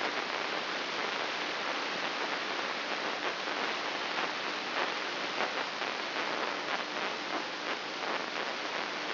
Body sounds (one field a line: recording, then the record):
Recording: brain microelectrode recording played as sound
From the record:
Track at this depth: outside the subthalamic nucleus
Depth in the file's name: 6.461 mm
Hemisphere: left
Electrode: 3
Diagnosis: Parkinson's disease